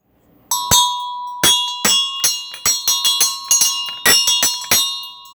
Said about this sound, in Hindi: कुछ देर में बादल और भी काले हो गए, बिजली चमकने लगी, मिनी दौड़कर सामने के बरामदे में गईं और उन्होंने घंटी बजाई।